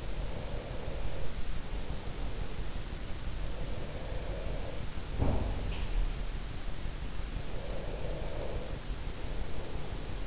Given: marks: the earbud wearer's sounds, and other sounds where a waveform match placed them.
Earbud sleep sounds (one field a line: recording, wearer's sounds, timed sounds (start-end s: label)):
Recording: sounds in sleep by an in-ear microphone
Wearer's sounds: breath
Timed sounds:
0.00-2.71 s: breath
3.62-4.97 s: breath
4.96-6.44 s: sound from someone else or the room
7.47-10.27 s: breath